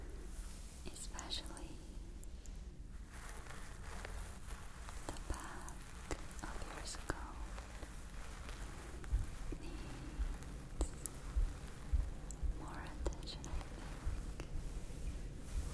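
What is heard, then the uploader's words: Scalp massage with soft rubbing and scratching, brief sharp clicks and taps scattered throughout, over a steady low rumble and faint whispering. Stress Relieving Scalp Massage ASMR.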